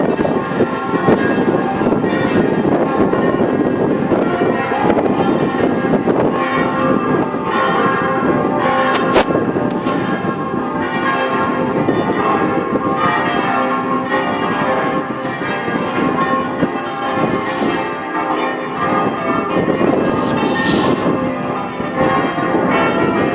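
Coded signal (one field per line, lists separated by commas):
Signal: bell signal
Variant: full peal, six bells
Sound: several church bells swinging and clanging together continuously in a rich overlapping peal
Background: outdoor ambience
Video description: -h. 10:30: segnale orario della mezza sulla 3^ Mi3 e Plenum solenne pasquale mezz' ora prima della messa delle 11:00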